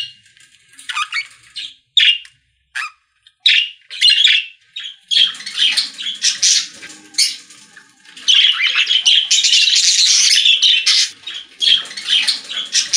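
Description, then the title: Budgerigar calls, scattered short squawks early on, then a long dense stretch of buzzy warbling chatter with rapid chirps. "Budgie Sounds"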